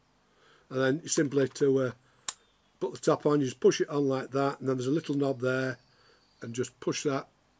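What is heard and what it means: Someone talks while pushing the back cover onto the body of a Vest Pocket Kodak Autographic 127 roll-film folding camera and then pushing a small locking knob, with a short sharp tap at about 2.3 seconds. The knob is being handled to latch the back in place, but nothing has seated or clicked home yet.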